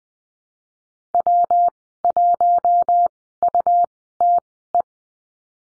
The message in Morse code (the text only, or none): W1UTE